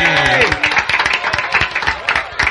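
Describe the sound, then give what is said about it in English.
A crowd breaks into steady, dense applause for the improv guests from Spain, many hands clapping at once and holding a loud level throughout, with a few whooping, cheering voices rising over it at the start. “Guys, give a big round of applause for Spain.”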